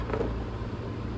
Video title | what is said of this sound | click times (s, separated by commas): TRAXXAS 2.5 3.3 engine rebuild HOW TO | so then you kind of put it in there and just kind of turn it and push a little bit and you'll hear it kind of click | 0.1 s